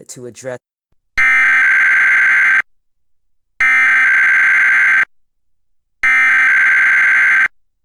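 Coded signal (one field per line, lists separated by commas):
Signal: Emergency Alert System (SAME) tones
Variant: header bursts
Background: speech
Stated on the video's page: Weekly test relayed by a digital TV subchannel, recorded with a digital tuner and recorder.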